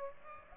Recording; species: mosquito wingbeat signal from an infrared sensor; Aedes aegypti